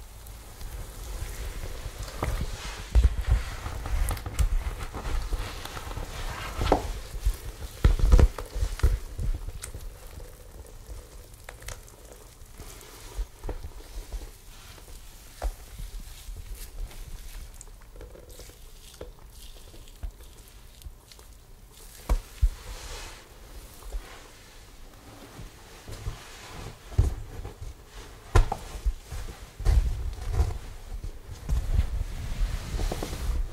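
Gentle hair styling with soft, crackly brushing and rustling strokes that come and go irregularly. Sharper taps and low bumps stand out near 3, 8, 22 and 28 seconds, with a quieter, sparser stretch in the middle.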